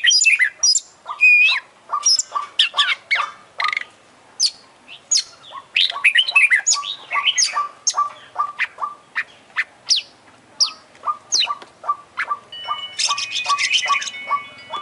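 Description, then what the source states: Oriental magpie-robin song: fast, varied high whistles and chattering throughout, over a rhythmic run of short notes, ending with a harsh buzzy burst. Champion bird singing prolifically ('gacor'); part of a selected compilation of tutoring bird songs ('masteran').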